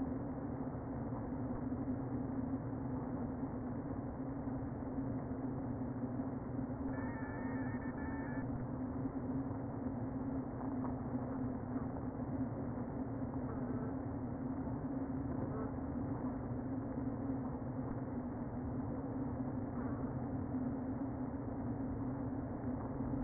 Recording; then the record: honeybee colony, microphone inside the hive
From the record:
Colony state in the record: queen present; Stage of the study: before two queens were removed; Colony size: about 60,000 bees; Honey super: yes